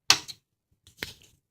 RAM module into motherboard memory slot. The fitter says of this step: you hear that click sounds beautiful